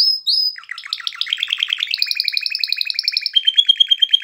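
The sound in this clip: Canary song opening with two high whistled slurs, then rapid rattling trills that settle into steady repeated pulses at shifting pitches.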